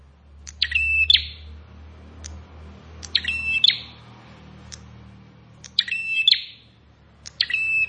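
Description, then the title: Plain prinia song: short, buzzy, high chirping phrases repeated every few seconds, four in all, with faint clicks between them. "Ciblek Sawah"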